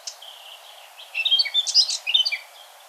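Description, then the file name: Eurasian blackcap: a few faint notes, then a short, varied warble of quick chattering and whistled notes, over a steady hiss of background noise. "Sylvia atricapilla"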